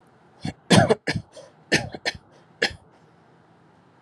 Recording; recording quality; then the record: shallow voluntary cough; excellent, no background noise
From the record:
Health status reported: healthy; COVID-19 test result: negative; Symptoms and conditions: none ticked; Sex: male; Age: 30 years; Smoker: not ticked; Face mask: not worn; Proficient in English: yes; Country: India